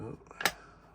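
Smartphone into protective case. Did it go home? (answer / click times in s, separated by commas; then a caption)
yes / 0.4 s, 0.5 s. Someone talks as a natural titanium iPhone 15 Pro Max is pressed into a gunmetal Spigen Tough Armor rugged plastic and rubber protective case. Two sharp snaps are heard at 0.4 and 0.5 seconds as the phone seats in the case.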